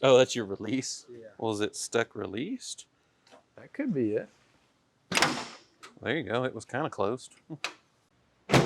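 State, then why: Not seated. People talk while the stuck bonnet release on a 1965 Mini Cooper is freed and the steel bonnet (hood) is handled toward its latch catch. A short burst of noise comes at about 5.2 s and a brief sharp sound at the very end, near 8.6 s. Nothing has seated or clicked yet; the bonnet has not caught on its latch.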